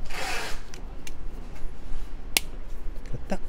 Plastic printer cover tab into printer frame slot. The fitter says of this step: 소리가 나면 밑에가 끼워집니다